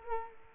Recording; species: mosquito wingbeat signal from an infrared sensor; Culex quinquefasciatus